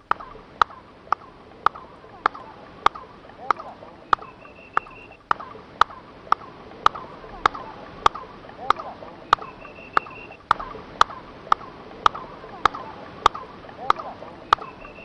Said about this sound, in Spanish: Vamos a pedir que nos quiten la música, vamos a escuchar esa palmada, e inmediatamente después de la palmada, el eco que se escucha parece un pájaro que empieza a cantar. Lo escuchamos.